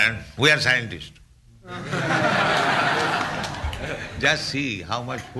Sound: laughter

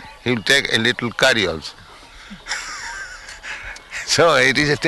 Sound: laughs

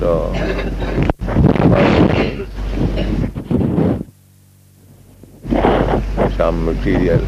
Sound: microphone movement sounds

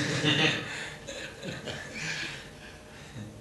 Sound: laughter

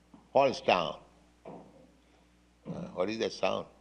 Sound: knocking sound

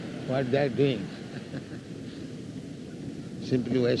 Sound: chuckles

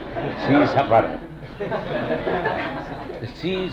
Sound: laughter

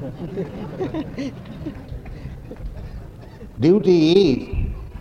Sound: laughter

